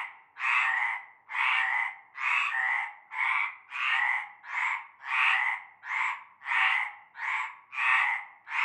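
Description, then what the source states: Croaking frogs in a chorus, rasping calls following one another almost without pause. Chorus heard from nightfall in a large concrete basin with a shallow layer of stagnant greenish water, Avenue Cante Coucou, Groupède, La Ciotat, Bouches-du-Rhône, France.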